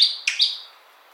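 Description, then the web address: Bird calling with a few sharp high chirps in quick succession, loudest at the start and fading within a second. "BIRD 2015 SABIOD"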